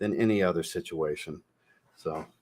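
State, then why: Not seated. A spray atomizer is being handled and fitted onto a perfume bottle. Someone talks over it, then a short quiet pause follows. Nothing has seated or clicked into place yet.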